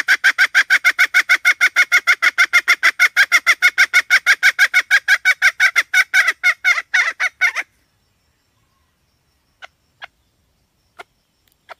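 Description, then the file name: Red junglefowl hen cackling: a fast, regular run of harsh clucks for about seven seconds, then quiet with a few faint clicks. "tieng ga mai rung"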